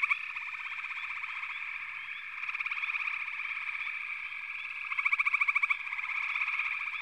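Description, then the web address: Frog chorus: dense overlapping trilled pulsing calls forming a continuous ringing drone, with stronger bursts of rapid pulses at times. "The Natural Sounds of the Wilderness 10 CDs collection Echoes of Nature - Sampler 08 Frog Chorus"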